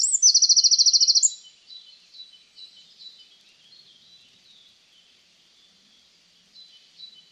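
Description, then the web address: Bird song opening with a loud, rapid high trill of about a second, followed by faint scattered soft chirps. "Bird Only"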